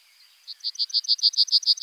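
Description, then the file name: Bunting song fragment: a short sequence of rapid, evenly spaced high notes, growing slightly louder. "bruant"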